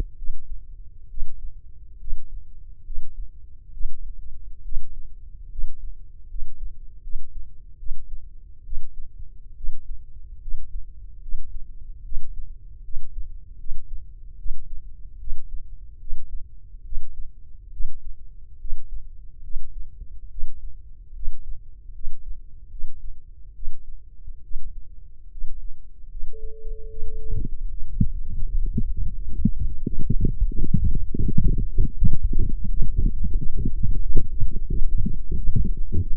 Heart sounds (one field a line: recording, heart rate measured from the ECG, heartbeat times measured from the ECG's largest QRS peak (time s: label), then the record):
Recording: heart sounds by microphone in the left ear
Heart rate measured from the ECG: 75 bpm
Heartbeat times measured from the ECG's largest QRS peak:
0.15 s: heartbeat
1.08 s: heartbeat
1.98 s: heartbeat
2.83 s: heartbeat
3.71 s: heartbeat
4.62 s: heartbeat
5.49 s: heartbeat
6.27 s: heartbeat
7.01 s: heartbeat
7.77 s: heartbeat
8.63 s: heartbeat
9.55 s: heartbeat
10.39 s: heartbeat
11.20 s: heartbeat
12.02 s: heartbeat
12.82 s: heartbeat
13.57 s: heartbeat
14.36 s: heartbeat
15.18 s: heartbeat
15.98 s: heartbeat
16.83 s: heartbeat
17.71 s: heartbeat
18.58 s: heartbeat
19.42 s: heartbeat
20.29 s: heartbeat
21.13 s: heartbeat
21.92 s: heartbeat
22.69 s: heartbeat
23.53 s: heartbeat
24.41 s: heartbeat
25.29 s: heartbeat
26.08 s: heartbeat
26.88 s: heartbeat
27.68 s: heartbeat
28.42 s: heartbeat
29.12 s: heartbeat
29.83 s: heartbeat
30.57 s: heartbeat
31.25 s: heartbeat
31.94 s: heartbeat
32.68 s: heartbeat
33.36 s: heartbeat
34.01 s: heartbeat
34.68 s: heartbeat
35.36 s: heartbeat
35.99 s: heartbeat
From the record:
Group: healthy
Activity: rest 0-26 s, light exercise 26-36 s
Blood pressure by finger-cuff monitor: 154/92 mmHg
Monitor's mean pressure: 110 mmHg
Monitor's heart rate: 75 bpm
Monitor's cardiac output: 6 L/min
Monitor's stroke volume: 83 mL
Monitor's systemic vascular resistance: 1340 dyn s/cm5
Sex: male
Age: 21 years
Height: 180 cm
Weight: 67.5 kg